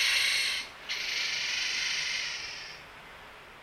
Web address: katsudo osaka chosa koe 20160315 053349 FSmusasabi